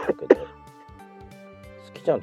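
An adult coughs during a live stream.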